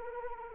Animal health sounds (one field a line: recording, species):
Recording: mosquito wingbeat signal from an infrared sensor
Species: Anopheles arabiensis